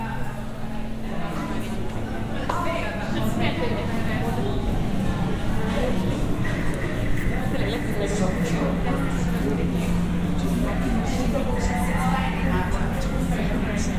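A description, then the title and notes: Public-space ambience from a field recording, dense with overlapping voices and chatter at a steady level throughout. Women's and men's speech blends into a continuous murmur, with a low hum underneath and brief clinks and knocks scattered across the fourteen seconds. Moving in and out of public spaces. A sound collage of binaural field recordings.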